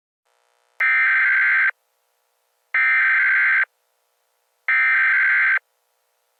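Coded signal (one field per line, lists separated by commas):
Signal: Emergency Alert System (SAME) tones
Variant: header bursts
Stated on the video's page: Fictional EAS scenario.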